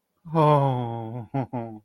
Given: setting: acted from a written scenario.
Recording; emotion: vocal sound without words; elation